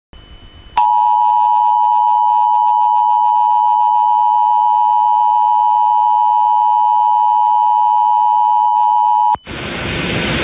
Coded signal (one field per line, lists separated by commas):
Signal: Emergency Alert System (SAME) tones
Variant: 853 and 960 Hz attention tone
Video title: [EAS Mock: S2 | #19] "Fargo, ND National Test Fail" (11/09/11)